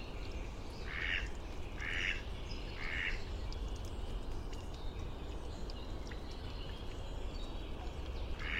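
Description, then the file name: Muscovy duck giving three short calls about a second apart, then a fourth near the end, over steady low background noise. "Canto do Pato real"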